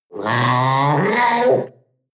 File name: panther young yelp